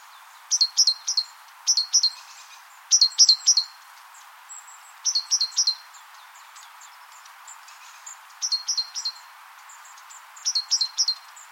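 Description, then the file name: Great tit calls, sharp high chirps in quick bursts of several notes, repeating at irregular intervals, with faint thin high notes between. "Parus major"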